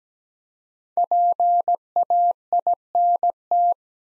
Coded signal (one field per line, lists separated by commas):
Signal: Morse code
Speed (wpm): 17 wpm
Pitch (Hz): 700 Hz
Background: none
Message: PAINT